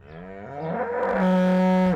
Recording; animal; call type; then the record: contact call of a hoofed animal; cattle; low-frequency (closed-mouth) or high-frequency (open-mouth) call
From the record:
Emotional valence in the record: negative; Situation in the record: full separation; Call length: 1.96 s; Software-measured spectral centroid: 1410 Hz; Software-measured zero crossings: 990 a second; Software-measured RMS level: -23 dBFS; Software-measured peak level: -15 dBFS